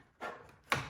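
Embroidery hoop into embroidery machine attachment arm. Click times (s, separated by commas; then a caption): 0.7 s. A fabric-filled embroidery hoop is slid onto the embroidery unit's attachment arm of an embroidery machine and pushed home on the second try. A brief sliding, rubbing sound is followed by a small, sharp click at 0.7 s. The click confirms the hoop is seated and attached.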